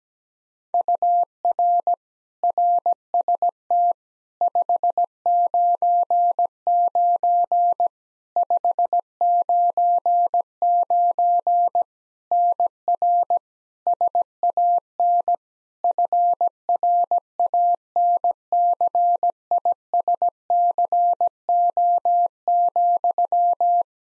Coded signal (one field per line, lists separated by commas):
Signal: Morse code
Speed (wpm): 17 wpm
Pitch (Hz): 700 Hz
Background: none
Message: UR RST 599 599 NR SAN FRANCISCO,